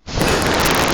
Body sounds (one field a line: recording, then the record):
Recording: coughing mixed with background sound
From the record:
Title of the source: 60 coughing still (deep and wet cough)